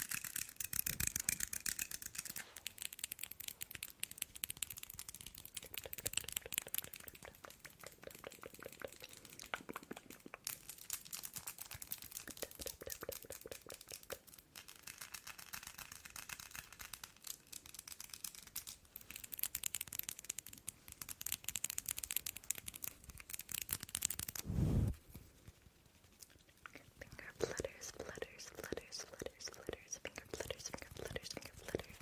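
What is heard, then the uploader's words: Nail tapping and finger fluttering make a dense, fast stream of tiny clicks and crinkly scratches that runs the whole time, brighter at some moments than others. Near the 25-second mark a single heavier thump stands out, followed by a brief lull before the tapping resumes. ASMR Nail Tapping and Finger Fluttering.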